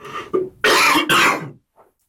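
Adult man with a coughing fit.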